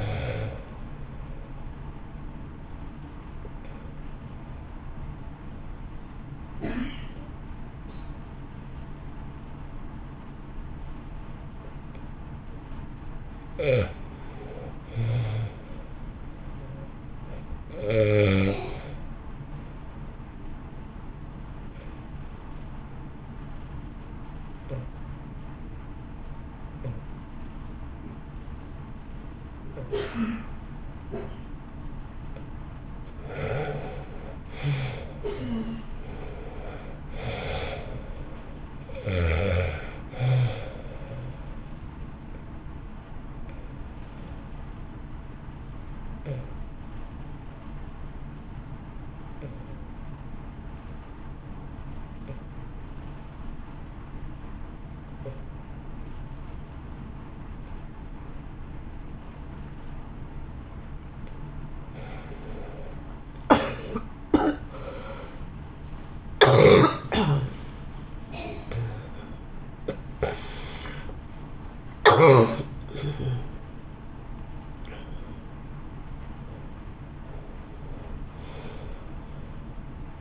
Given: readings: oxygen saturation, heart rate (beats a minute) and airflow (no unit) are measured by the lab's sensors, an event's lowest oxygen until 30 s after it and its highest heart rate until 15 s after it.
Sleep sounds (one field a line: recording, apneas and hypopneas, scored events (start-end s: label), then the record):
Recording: breathing in sleep by a smartphone at the bedside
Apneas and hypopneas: 3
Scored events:
3.00-14.10 s: obstructive apnea (N1, oxygen 82% highest, then 69% lowest, heart rate 59 at the start, 61 highest)
22.00-33.10 s: obstructive apnea (N1, oxygen 91% highest, then 78% lowest, heart rate 61 at the start, 66 highest)
45.00-61.00 s: obstructive apnea (N1, oxygen 89% highest, then 75% lowest, heart rate 62 at the start, 78 highest)
From the record:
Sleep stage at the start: N1 (lightest sleep)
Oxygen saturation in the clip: 69 to 91%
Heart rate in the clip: 54 to 78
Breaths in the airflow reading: 11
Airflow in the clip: -3.0 to 3.1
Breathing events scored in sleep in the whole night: 328 in 6.3 hours asleep